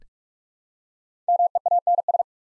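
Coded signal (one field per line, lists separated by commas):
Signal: Morse code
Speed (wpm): 44 wpm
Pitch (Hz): 700 Hz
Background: none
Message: MEANS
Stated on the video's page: Morse practice drill at 45wpm building 5-letter words one letter at a time for instant character recognition.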